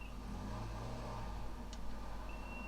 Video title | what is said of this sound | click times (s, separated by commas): French Fancy Part 1 - Arma Hobby 1/72 Curtiss H75 Hawk, the Build | bizarrely enough pretty much just clicks into place | 1.7 s